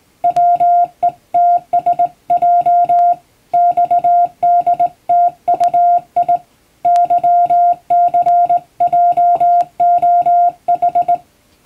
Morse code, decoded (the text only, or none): WETSJ XDTUI YCJOH